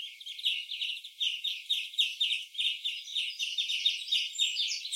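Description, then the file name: European greenfinch calling in a fast, continuous stream of chirps and twitters, about three or four notes per second. "Chloris chloris"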